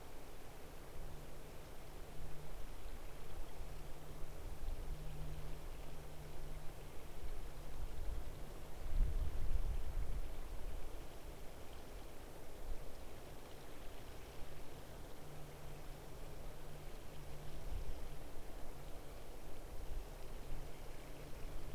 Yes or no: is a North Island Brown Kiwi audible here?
no